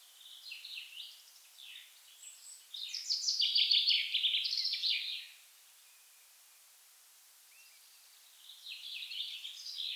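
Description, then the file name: Common chaffinch song: a rattling series of notes falling in pitch and ending abruptly, with softer song fragments at the start and close. "Fringilla coelebs"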